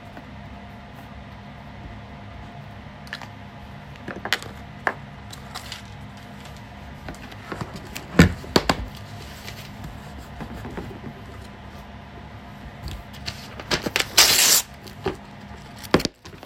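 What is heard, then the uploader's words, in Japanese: Someone drawing at a desk, over a low steady hum. Scattered light taps and knocks from the pen and table come every second or so, with a firmer knock near eight seconds and a brief scratchy rustle around fourteen seconds. 生活音 27分 お絵描き。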